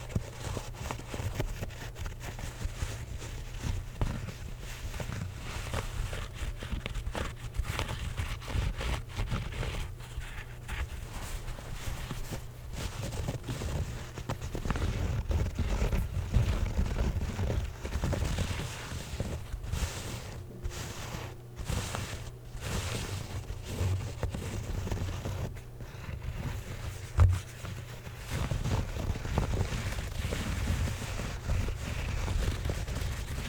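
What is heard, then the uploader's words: A hat is scratched and rubbed for about half a minute in a dense, uneven stream of rough rustling strokes. A heavy low rumble runs underneath throughout, swelling slightly in the middle, and a sharp knock stands out around twenty-seven seconds. Hat Scratching.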